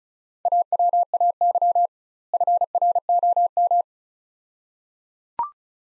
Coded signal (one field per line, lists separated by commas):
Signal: Morse code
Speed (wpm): 36 wpm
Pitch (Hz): 700 Hz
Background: none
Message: AWAY FROM